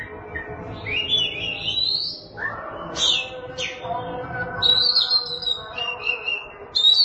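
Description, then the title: Oriental magpie-robin singing drawn-out rising whistles and sliding notes, interspersed with brief sharp chips. Chirping song (kicauan). "Suara Kicauan Burung Kacer Durasi Panjang"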